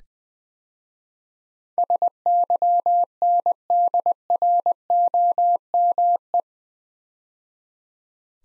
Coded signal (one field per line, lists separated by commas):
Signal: Morse code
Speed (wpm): 20 wpm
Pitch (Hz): 700 Hz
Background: none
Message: SYNDROME